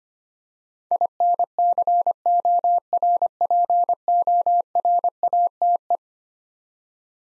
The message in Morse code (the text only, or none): INCORPORATE